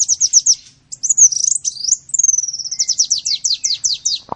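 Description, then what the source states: Sunbird song: rapid high chirps, a sweeping whistled slur, then a long run of sharp descending trilled notes ending with a click. In full song (gacor), with phrases copied from the cililin and the canary.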